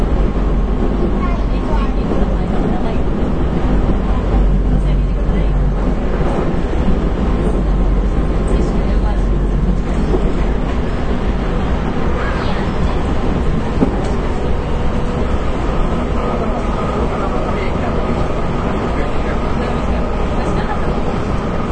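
Inside a local train on the Nippou line, a steady low rumble and hum fill the whole stretch without letting up. Muffled voices murmur underneath, and faint rattles and knocks come and go throughout, with a thin tone holding steady in the middle.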